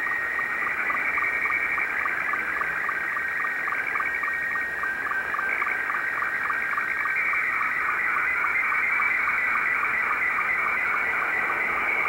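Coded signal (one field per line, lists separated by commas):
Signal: SSTV (slow-scan television)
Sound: warbling, buzzy tone scanning steadily, with quick rhythmic ticks several times a second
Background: radio static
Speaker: this is uh R3 na which is a Russian amateur radio operator and what you're seeing here is what we call slow scan television so I'm decoding his signal sending a cqd x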